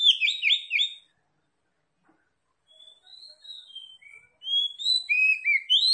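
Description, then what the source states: Oriental magpie-robin singing a loud burst of sharp whistles, a pause, then soft drawn-out whistles building into a fast, varied warbling phrase. Local type called Kacer Tretes; described as gacor, meaning singing vigorously.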